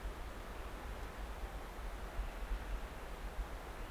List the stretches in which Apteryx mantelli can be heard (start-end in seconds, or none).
none